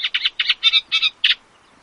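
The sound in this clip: Eurasian reed warbler singing harsh, chattering notes, six grating chirps in quick succession over under two seconds, with no other clear sounds.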